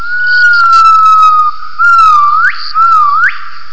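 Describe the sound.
Gibbon call: a long, steady whistled note, then two shorter phrases that each end in a sharp rising swoop, over a faint, steady high buzz.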